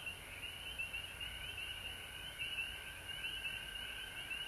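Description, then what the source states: Frog chorus with bright, rapid pulsed trills, continuous throughout over a steady background. Frogs recorded at home in Georgia on March 19, 2020.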